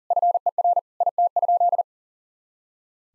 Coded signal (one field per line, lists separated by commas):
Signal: Morse code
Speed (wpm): 40 wpm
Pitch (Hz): 700 Hz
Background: none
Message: FER IT?